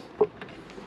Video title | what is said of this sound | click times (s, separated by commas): Remote controlling the Racal Cougar military radio - Covert radio control -- ECU MA-4730 | he said than done that clicks in | 0.2 s